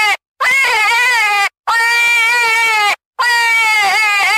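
Coyote giving three long quavering howls, each wobbling in pitch and lasting over a second, with brief silences between them.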